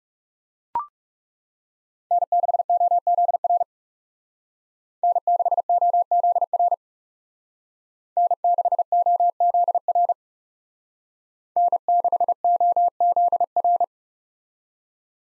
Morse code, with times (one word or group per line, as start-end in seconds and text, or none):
2.1-3.6 N6OZR
5.0-6.7 N6OZR
8.2-10.1 N6OZR
11.6-13.8 N6OZR